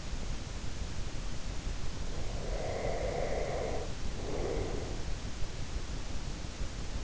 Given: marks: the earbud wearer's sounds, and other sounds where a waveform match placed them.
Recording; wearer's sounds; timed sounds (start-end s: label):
sounds in sleep by an in-ear microphone; breath
2.34-5.06 s: breath